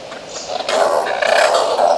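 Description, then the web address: Oilbird harsh, rasping screech: a quiet start, then a loud, continuous grating scream lasting over a second. "sound Oilbird. صدای-مرغ-روغنی"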